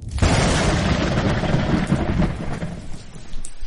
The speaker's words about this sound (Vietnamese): Thời tiết đầu hạ đã ẩm ướt còn thêm oi bức, mới xem được nửa bộ phim. Bên ngoài đột nhiên vang lên tiếng sấm ầm ầm.